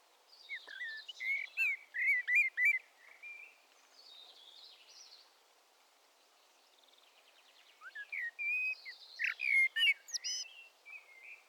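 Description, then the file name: Common blackbird song in two bursts of mellow whistled notes and squeaky twitters, with a quieter lull between them. "Turdus merula"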